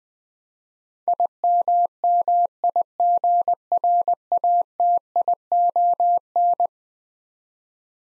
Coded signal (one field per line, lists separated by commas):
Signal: Morse code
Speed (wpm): 20 wpm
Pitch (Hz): 700 Hz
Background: none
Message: IMMIGRATION